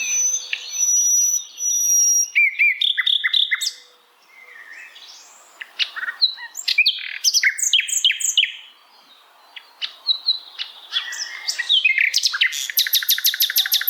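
Bird song: thin high steady whistles open, then a jumble of varied chirps and slurred notes, ending in a very fast run of sharp, evenly repeated high notes.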